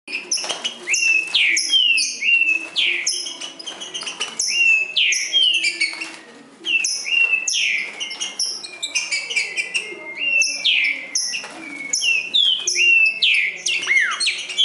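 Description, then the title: Green-winged saltator song: continuous loud whistled phrases with swooping descending notes, a brief quieter moment midway, then singing resumes strongly. Singing in the forest while competing with a wild bird; the bird's song style is called 'nicão'. "Trinca Ferro NICÃO No Mato Disputando Com Solto"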